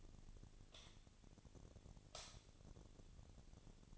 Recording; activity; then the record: daily activity, microphone in the room; light on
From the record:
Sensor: 4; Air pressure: 1010.7 hPa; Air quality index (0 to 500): 169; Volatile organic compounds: 5 ppm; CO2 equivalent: 1718 ppm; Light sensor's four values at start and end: 38/110/44/45 and 39/111/44/45